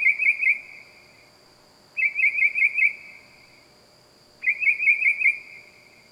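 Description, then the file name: Bird calling: a trilled phrase of about one second that tails off, repeated about every two and a half seconds, over a steady high hum. Loud bird calling at night in the wild. "Loud Night Bird Animals Wild"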